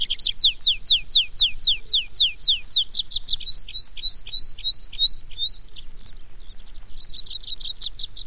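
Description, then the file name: Tree pipit song: a long run of loud downslurred notes that slows into upslurred whistles, then a pause and a fresh fast series. "baumpieper"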